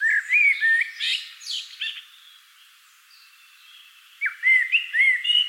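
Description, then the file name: Common blackbird delivering loud fluty warbles with a squeaky twittered ending, a quiet gap of about two seconds, then another mellow whistled phrase. "Turdus merula"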